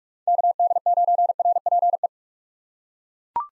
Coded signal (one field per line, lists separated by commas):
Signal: Morse code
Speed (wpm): 41 wpm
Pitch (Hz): 700 Hz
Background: none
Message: KD9RPE